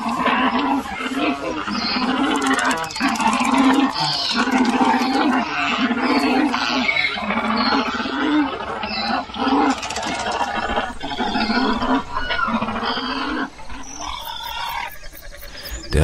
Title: grosser Adjudant Guricht